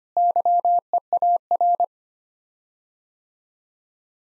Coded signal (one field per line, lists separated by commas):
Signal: Morse code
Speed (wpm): 25 wpm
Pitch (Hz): 700 Hz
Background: none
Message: YEAR